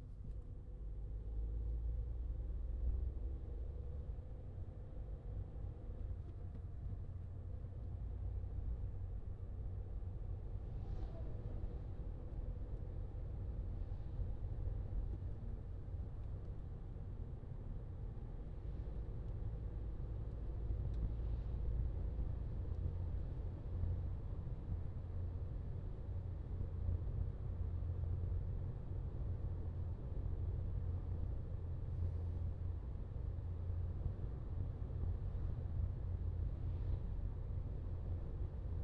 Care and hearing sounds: everyday scene through a hearing-aid microphone; in a vehicle; engine, highway driving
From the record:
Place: Skoda Fabia, gasoline engine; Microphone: in the ear canal, left

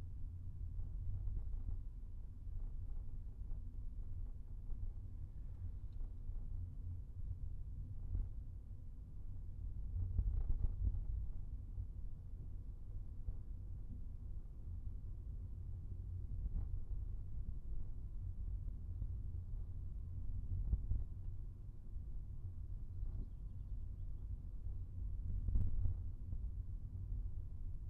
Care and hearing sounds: everyday scene through a hearing-aid microphone; in a vehicle; engine, rumble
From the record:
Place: Skoda Fabia, gasoline engine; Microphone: behind the ear, right, rear

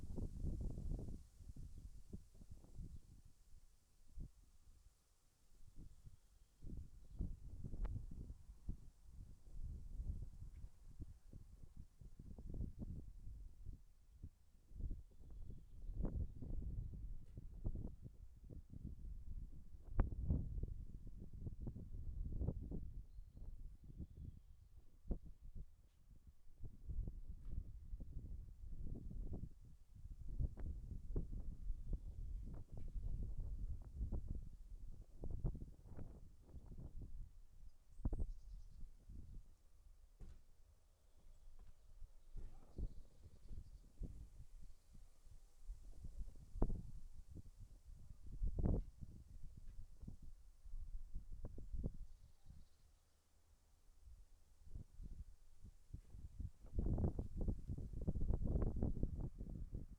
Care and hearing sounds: everyday scene through a hearing-aid microphone; wind on the microphone; wind, other noises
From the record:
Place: in front of a rural house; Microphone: behind the ear, left, rear

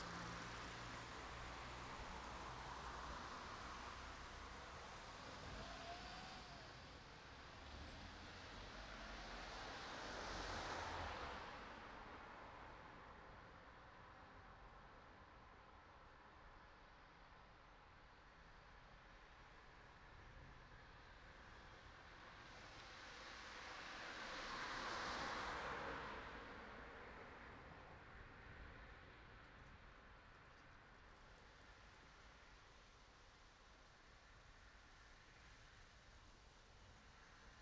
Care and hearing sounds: everyday scene through a hearing-aid microphone; in traffic; traffic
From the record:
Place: city secondary road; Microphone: in the ear canal, right

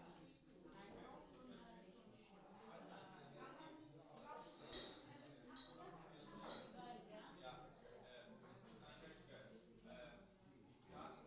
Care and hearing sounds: everyday scene through a hearing-aid microphone; many people talking; many voices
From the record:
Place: parish hall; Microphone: in the ear canal, left

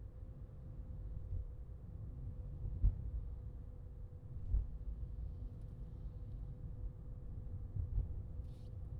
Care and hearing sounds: everyday scene through a hearing-aid microphone; in a vehicle; engine, highway traffic jam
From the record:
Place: Skoda Fabia, gasoline engine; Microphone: in the ear canal, left

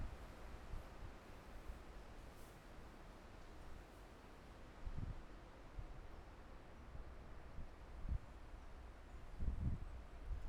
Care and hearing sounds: everyday scene through a hearing-aid microphone; wind on the microphone; gentle breeze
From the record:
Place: parking lot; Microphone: behind the ear, left, front

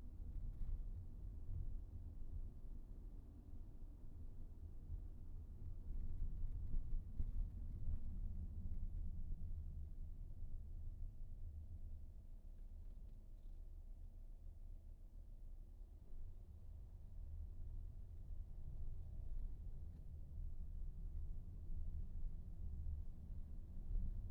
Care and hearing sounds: everyday scene through a hearing-aid microphone; in a vehicle; engine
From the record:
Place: VW T5 Caravelle, diesel engine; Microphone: behind the ear, right, front

